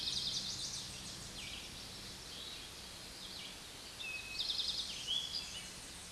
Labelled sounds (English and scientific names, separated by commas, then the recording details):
Eastern Towhee (Pipilo erythrophthalmus) song
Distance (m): 40 m
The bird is about 5 m above the microphone
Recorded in a Pennsylvania forest on 16 May 2024 at 06:09
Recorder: AudioMoth, point MSD-2287
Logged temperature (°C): 11.2 °C
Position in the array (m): 106 m, 6 m